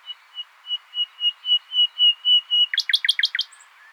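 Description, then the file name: Common nightingale singing a slow series of whistled notes that grow louder, ending in a quick, harsh churring trill. "Luscinia megarhynchos"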